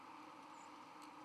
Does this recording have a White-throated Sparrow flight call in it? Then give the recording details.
no. Another species' flight call is heard. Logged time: 00:57 on 13 November 2014